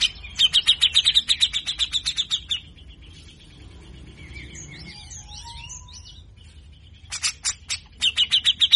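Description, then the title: Grey-cheeked bulbul giving a fast run of repeated notes lasting a few seconds, a quieter pause, then the fast run starts again. Master meant to train captive birds to sing; bird singing actively, with rough, rapid song bursts known locally as 'besetan kasar'. "MASTERAN CUCAK JENGGOT GACOR FULL BESETAN KASAR DURASI PANJANG !!!. Cucak Jenggot Bakal Rajin Bunyi Dengar Cucak Jenggot Gacor Ini"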